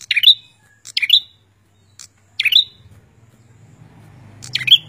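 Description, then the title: Prinia giving a few snappy high chirps, the last after a pause, over a low rumbling background. "Suara Prenjak Burungmaster"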